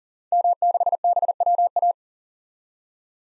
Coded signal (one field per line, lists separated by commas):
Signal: Morse code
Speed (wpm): 40 wpm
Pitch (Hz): 700 Hz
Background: none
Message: M6BWA